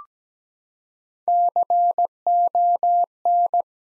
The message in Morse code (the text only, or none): CON